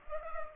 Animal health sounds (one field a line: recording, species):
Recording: mosquito wingbeat signal from an infrared sensor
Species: Culex pipiens